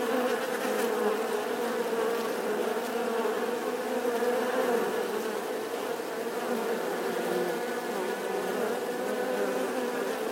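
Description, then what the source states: Swarming honey bees producing a constant layered drone, many overlapping buzzes merging into one steady hum. Bee swarm buzzing outside the hive.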